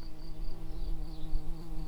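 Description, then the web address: Early bumblebee buzzing, a steady low droning hum with wavering loudness throughout. Workers. "Pratorum workers"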